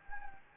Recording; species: mosquito wingbeat signal from an infrared sensor; Anopheles gambiae